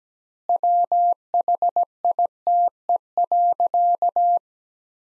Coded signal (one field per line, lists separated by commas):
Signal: Morse code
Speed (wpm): 17 wpm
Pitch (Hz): 700 Hz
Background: none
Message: WHITE.